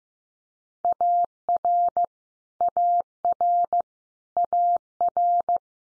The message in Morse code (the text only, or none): AR AR AR